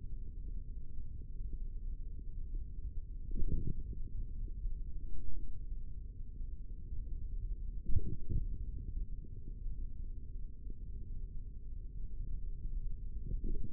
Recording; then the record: forearm muscle sounds (acoustic myography)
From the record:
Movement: index flexion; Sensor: system 3, bracelet of six PUI Audio POM-2738L microphones around the upper forearm, with dedicated amplification and filtering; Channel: 6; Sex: male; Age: 55 years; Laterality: right